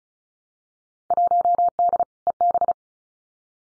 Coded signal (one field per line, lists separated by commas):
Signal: Morse code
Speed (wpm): 36 wpm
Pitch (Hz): 700 Hz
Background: none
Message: 1D EB